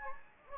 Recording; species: mosquito wingbeat signal from an infrared sensor; Anopheles gambiae